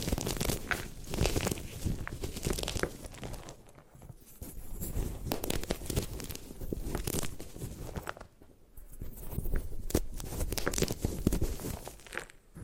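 Gym chalk is crushed and crumbled in a dense run of gritty crunching and crackling, with sharp clicks and scraping strokes that come thick and uneven. The sound dips briefly around four and eight seconds before the grinding builds again.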